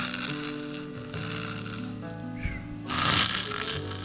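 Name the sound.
voice imitating snoring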